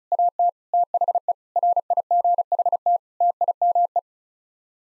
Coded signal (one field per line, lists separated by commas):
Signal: Morse code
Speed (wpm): 36 wpm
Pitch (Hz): 700 Hz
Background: none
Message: AT THE RIGHT TIME